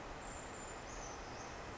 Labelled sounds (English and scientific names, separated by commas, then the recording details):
Brown Creeper (Certhia americana)
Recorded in Sonoma County, California